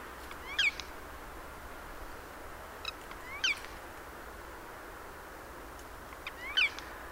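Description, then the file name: Eurasian jay uttering three short, sharp, slurred calls spaced roughly three seconds apart, with soft clicks around them and a constant low hiss. "Garrulus glandarius"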